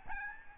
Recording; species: mosquito wingbeat signal from an infrared sensor; Aedes albopictus